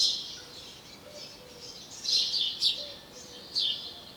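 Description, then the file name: House sparrow giving sharp chirping calls, a loose cluster of high notes mostly in the second half, with faint low notes in the background. "Passer domesticus"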